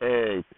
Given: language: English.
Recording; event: throat vibration sensor signal played as sound; speech